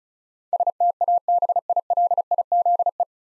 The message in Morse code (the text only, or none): STABILIZE